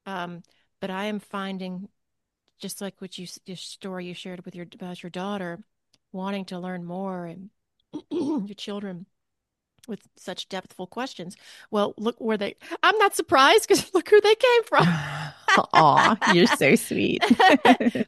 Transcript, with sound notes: but I am finding, just like what you s- this story you shared with your, about your daughter, wanting to learn more and (clears throat) your children with such deep questions. Well, look where they... I'm not surprised 'cause look who they came from. (laughs)
Aw, you're so sweet.